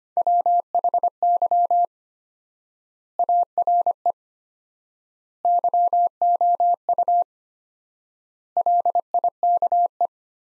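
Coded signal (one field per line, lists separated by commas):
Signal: Morse code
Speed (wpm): 25 wpm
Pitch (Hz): 700 Hz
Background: none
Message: WHY ARE YOU LIKE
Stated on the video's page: Morse practice sentences from the top 200 words at 25 wpm with 4x standard word spacing, a word-based Farnsworth-like method for head-copy practice.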